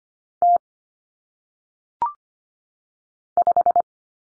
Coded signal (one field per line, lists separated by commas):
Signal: Morse code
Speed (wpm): 25 wpm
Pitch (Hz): 700 Hz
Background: none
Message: T 5